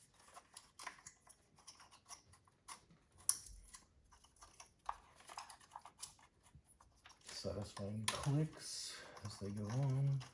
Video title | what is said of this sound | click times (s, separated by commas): BMW 328i E90 Starter Replacement Tutorial - Complete Step-by-Step Guide all N52 engines | okay this first center goes underneath this wire satisfying clicks | 3.3 s, 8.1 s